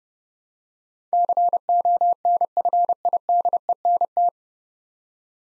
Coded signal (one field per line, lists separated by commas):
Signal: Morse code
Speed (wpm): 28 wpm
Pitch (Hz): 700 Hz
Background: none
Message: CONFIDENT